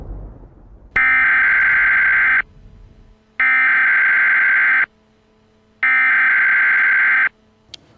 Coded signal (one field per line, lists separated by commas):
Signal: Emergency Alert System (SAME) tones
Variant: header bursts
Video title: Emergency Broadcast System Tier List - JellyMelon97